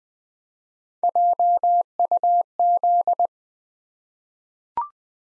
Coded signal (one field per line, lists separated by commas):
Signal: Morse code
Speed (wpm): 20 wpm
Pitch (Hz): 700 Hz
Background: none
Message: JUZ